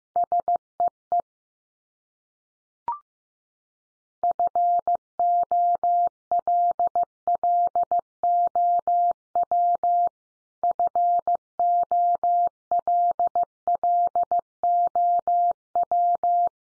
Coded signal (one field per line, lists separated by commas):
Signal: Morse code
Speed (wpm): 15 wpm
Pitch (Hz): 700 Hz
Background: none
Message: SEE FOLLOW FOLLOW